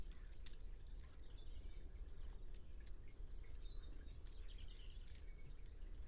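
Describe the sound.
Bird trill: a very high, rapidly pulsing trill runs almost continuously with a few brief breaks, above quiet background rumble.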